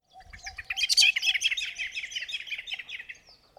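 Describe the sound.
Common blackbird calling: a rapid, chattering burst of sharp high notes running about three seconds, loudest early on and tailing off toward the end.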